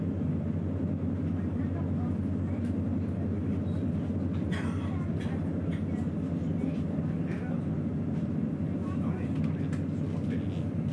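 An S-Bahn train rolls on with a steady, dense low rumble and hum that holds an even level throughout. Faint voices murmur underneath, and a few brief brighter rattles and squeaks cut through around the middle and near the end.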